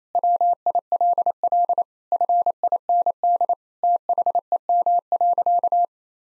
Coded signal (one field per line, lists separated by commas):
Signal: Morse code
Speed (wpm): 27 wpm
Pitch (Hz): 700 Hz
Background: none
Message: WILL FIND THEM.